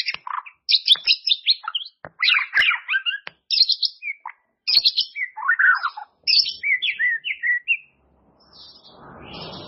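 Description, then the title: White-rumped shama pouring out dense, varied phrases of whistles, trills and sharp chirps, followed by a soft rushing noise. "murai batu"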